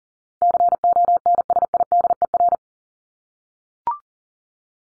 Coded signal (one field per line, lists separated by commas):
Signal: Morse code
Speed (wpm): 40 wpm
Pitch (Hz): 700 Hz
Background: none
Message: CONSIDER